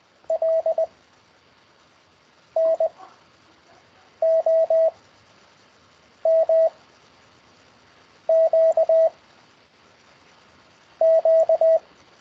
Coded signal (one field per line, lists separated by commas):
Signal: Morse code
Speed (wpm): 20 wpm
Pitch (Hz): 650 Hz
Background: radio noise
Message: L N O M Q Q